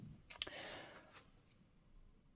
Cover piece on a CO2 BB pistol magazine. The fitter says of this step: pop that back in place. Snaps back in place. And there you have it.